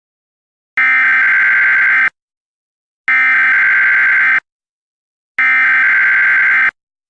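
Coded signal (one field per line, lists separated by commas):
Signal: Emergency Alert System (SAME) tones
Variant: header bursts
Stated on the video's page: Fictional EAS scenario.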